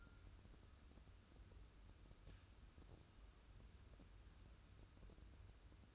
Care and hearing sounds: daily activity, microphone in the room; wipe stove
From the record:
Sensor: 2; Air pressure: 994.4 hPa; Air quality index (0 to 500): 214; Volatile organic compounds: 1000 ppm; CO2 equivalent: 7086 ppm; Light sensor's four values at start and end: 129/307/130/133 and 129/306/129/133

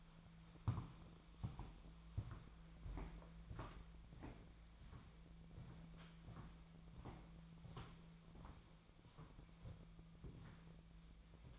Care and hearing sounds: daily activity, microphone in the room; walk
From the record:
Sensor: 1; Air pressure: 1008.4 hPa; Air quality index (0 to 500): 190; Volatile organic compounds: 17 ppm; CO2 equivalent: 2569 ppm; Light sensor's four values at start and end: 18/46/18/21 and 18/45/18/21

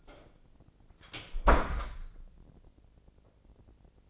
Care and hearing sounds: daily activity, microphone in the room; close door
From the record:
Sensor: 5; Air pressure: 1009.4 hPa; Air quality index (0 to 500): 166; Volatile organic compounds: 2 ppm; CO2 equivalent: 1271 ppm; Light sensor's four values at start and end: 177/421/179/194 and 177/420/178/194

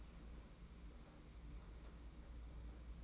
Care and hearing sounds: daily activity, microphone in the room; open fridge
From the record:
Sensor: 1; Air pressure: 991.8 hPa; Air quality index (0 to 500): 205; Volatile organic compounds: 1000 ppm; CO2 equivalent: 7928 ppm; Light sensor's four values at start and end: 28/99/38/38 and 28/99/38/38

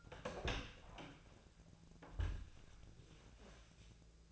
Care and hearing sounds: daily activity, microphone in the room; open door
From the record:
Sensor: 2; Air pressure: 1000.4 hPa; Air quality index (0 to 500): 174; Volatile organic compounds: 3 ppm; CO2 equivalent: 1441 ppm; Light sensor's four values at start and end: 9/22/9/10 and 9/23/9/10

